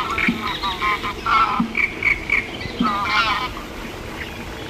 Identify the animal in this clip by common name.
Greylag Goose